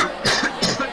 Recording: coughing mixed with background sound